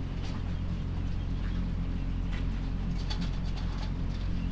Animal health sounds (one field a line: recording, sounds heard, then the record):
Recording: poultry house recording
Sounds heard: sick chickens (respiratory disease)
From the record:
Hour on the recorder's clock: 1